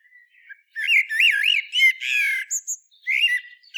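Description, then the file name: Common blackbird calling with warbled, fluty phrases that wobble up and down, followed by squeaky high notes and a short twittering ending. "Turdus merula"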